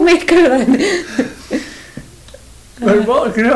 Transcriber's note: laughs